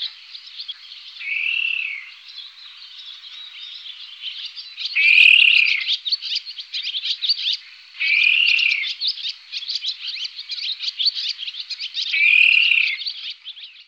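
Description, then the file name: Water rail uttering descending squeals roughly every three to four seconds, laid over rapid pulsing, grunting ticks that run throughout. "râle-deau"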